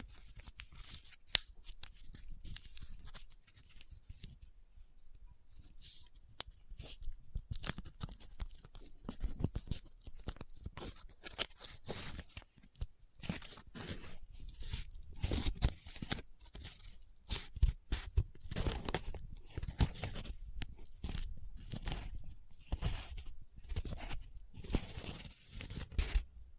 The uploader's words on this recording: ASMR Close Up Paper Sounds - Folding, Scratching, Rubbing, Crinkle No Talking.